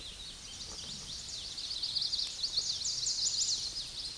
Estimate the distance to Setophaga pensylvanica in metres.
about 20 m